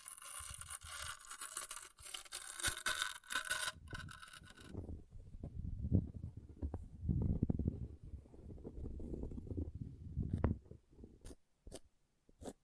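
An object scratches and scrapes in dense, irregular strokes. For the first five seconds the scraping is bright and hissy, then it turns duller and lower, grinding in uneven bursts. Near the end it thins to a few sharp, isolated ticks separated by silence.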